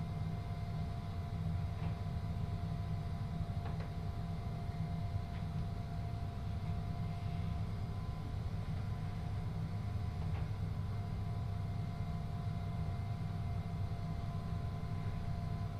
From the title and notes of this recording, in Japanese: 耳で楽しむ鉄道旅 羽越本線 羽後本荘→秋田。